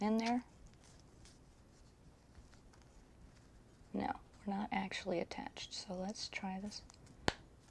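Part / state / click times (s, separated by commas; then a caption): attachment (likely presser foot or bobbin part) going onto a sewing machine / seated / 7.3 s. Someone talks while an attachment, possibly a presser foot or bobbin part, is pushed onto a sewing machine again after it turned out not to be actually attached. A single sharp click sounds at 7.3 s as the attachment seats into place.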